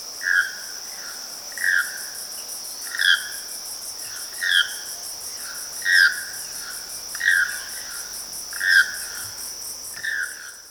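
Choco toucan call: a hoarse croaking yelp repeated about every one and a half seconds, set against a constant high insect drone.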